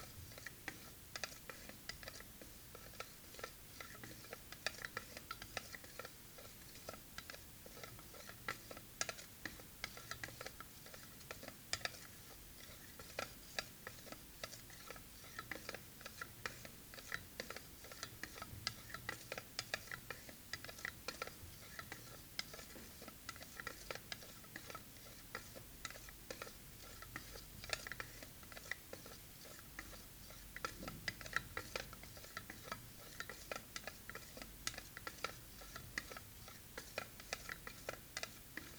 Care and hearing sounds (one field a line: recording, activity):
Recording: daily activity, guitar pickup as the sensor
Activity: fry